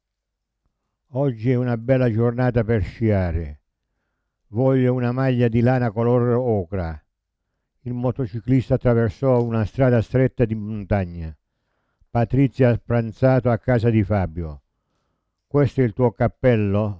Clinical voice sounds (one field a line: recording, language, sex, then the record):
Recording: read phrases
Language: Italian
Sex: male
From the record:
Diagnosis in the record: Parkinson's disease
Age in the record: 70 years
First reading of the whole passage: 65 s, 7.9 characters per second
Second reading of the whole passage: 60 s, 8.6 characters per second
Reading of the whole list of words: 48 s, 5.8 characters per second